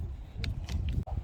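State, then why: Seated. A new windshield wiper blade is pushed up onto the U-shaped hook of the wiper arm until its plastic adapter latches and seats. A sharp click is heard at 0.4 seconds, followed by a couple of softer taps over low background rumble.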